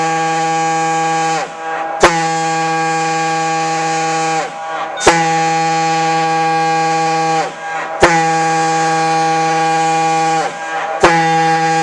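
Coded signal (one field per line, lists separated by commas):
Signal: coded fire alarm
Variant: Gamewell diaphone horn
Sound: deep diaphone fire horn blowing repeated long blasts, each starting with a grunt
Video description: The 1210 test of SVFC's Gamewell Diaphone Horn.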